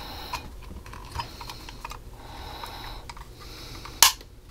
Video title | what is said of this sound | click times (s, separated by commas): Build the Thanos Infinity War Gauntlet By FanHome Pack 4 | There we go. That's snapped in place. | 4.0 s